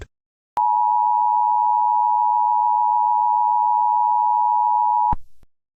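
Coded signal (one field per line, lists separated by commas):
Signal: Emergency Alert System (SAME) tones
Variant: 853 and 960 Hz attention tone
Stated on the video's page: Fictional EAS scenario about the Jersey Devil.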